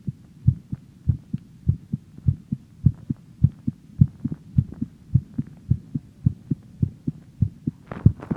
Recording my heartbeat (wt an iPhone). Holding the iphone mic up to my heart, recorded wt the soundcloud iphone app.